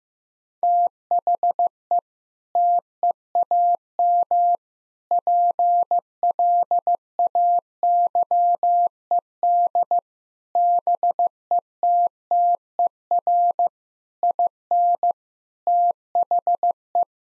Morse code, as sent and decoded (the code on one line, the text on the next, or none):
- .... . / - . .- -- / .--. .-.. .- -.-- . -.. / -... . - - . .-. / .. -. / - .... .
THE TEAM PLAYED BETTER IN THE